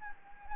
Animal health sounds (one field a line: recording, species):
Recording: mosquito wingbeat signal from an infrared sensor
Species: Anopheles gambiae